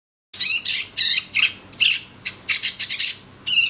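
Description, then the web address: Bird calls, a run of loud chirping notes in short bursts and clusters, repeated irregularly throughout with brief pauses between groups. "Chika Pengusir-Hama-Burung-Otomatis. dataset bird"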